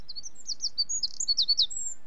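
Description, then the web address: Eurasian wren song, a fast run of piercing high notes with quick slurred trills, closing on a long thin high whistle. "BBC Sound Effects Library. Wren"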